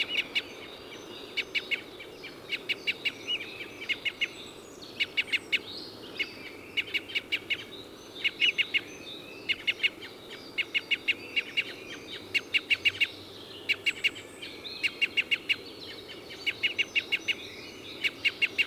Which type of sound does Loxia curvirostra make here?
call